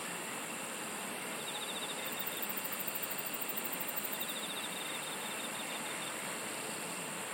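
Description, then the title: Steady insect chorus fills the background while quick, evenly spaced chirping pulses come and go in two bands midway through. "SINGING OF INSECTS"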